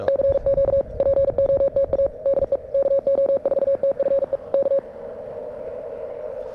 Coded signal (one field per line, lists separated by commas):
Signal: Morse code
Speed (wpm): 43 wpm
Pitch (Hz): 560 Hz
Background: radio noise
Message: CQ POTA DE KO4TFE K